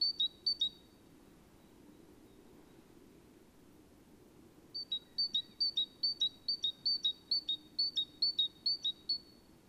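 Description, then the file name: Great tit gives a short burst of high two-note whistles, then silence for four seconds, then a steady run of alternating high-low notes to the end. "Parus major"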